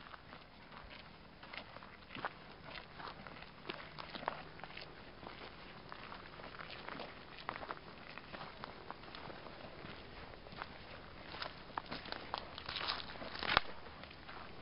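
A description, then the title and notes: Footsteps crunch along a path in a small village, a steady stream of short scuffs and crackles throughout. Faint voices and low rural background sit underneath, and a sharp loud snap stands out near the end, around thirteen seconds. Thailand - walking through remote village. Walking through a small village in the northwest of Thailand, near the border with Burma.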